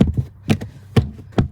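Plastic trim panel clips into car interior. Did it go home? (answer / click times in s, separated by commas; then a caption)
yes / 0.0 s, 0.5 s, 1.0 s, 1.4 s. A plastic interior trim panel is pressed over its clips into a Tesla's cabin after a cabin air filter change. Sharp snaps are heard as the clips seat at 0.0, 0.5, 1.0 and 1.4 seconds, with a fainter click at 0.6 seconds. The panel ends up clipped in place.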